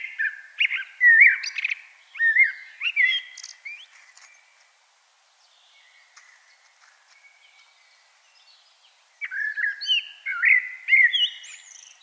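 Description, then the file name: Common blackbird song: a loud warbled phrase with shrill twittered flourishes, then about five seconds of near silence before another rich phrase. "Turdus merula"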